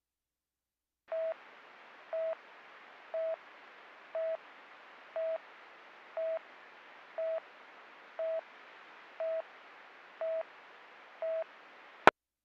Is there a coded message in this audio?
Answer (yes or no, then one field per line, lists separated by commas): no